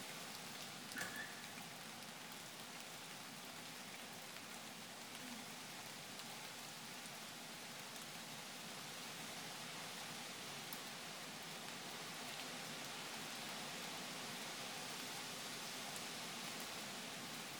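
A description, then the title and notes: Wind and rain make a steady, dense hiss that stays even for the whole stretch, bright and full with little low rumble. Near the start, around one second in, a short knock stands out briefly before the constant wash resumes. Wind & Rain at Am Engelbecken by Melanie Koeppen.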